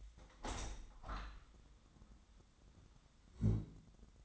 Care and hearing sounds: daily activity, microphone in the room; open window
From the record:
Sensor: 3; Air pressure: 1006.5 hPa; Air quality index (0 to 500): 197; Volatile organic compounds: 15 ppm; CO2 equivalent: 2512 ppm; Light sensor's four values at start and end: 10/23/10/9 and 10/24/10/10

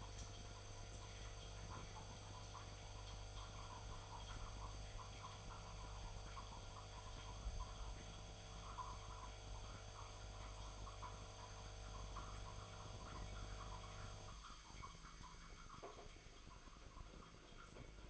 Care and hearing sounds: daily activity, microphone in the room; make coffee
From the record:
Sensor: 5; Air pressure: 1009.5 hPa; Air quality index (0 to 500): 168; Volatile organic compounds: 4 ppm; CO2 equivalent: 1626 ppm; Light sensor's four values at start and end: 95/251/102/108 and 95/250/102/108

